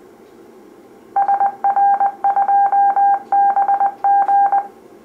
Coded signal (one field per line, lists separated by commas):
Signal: Morse code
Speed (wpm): 20 wpm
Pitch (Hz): 800 Hz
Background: none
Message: SR2BG